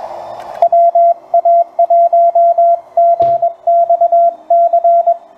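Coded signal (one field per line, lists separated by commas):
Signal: Morse code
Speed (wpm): 21 wpm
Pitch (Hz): 680 Hz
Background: radio noise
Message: WA1GXC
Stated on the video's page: Sent on the PFR-3B kit portable field radio with attached key, onboard batteries and tuner, QRP at least 5 watts on 40, 30 or 20 meters.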